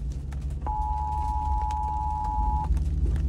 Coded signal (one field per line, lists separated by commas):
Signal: Emergency Alert System (SAME) tones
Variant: 853 and 960 Hz attention tone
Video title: Emergency Alert System